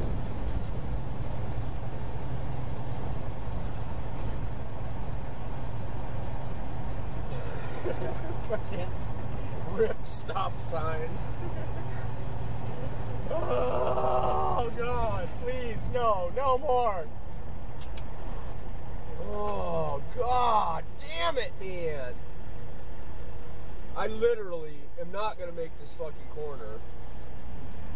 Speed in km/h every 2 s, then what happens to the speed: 53, 53, 53, 53, 53, 53, 53, 50, 44, 37, 29, 19, 11, 6.
0-14 steady at about 53. 14-28 slows to 6.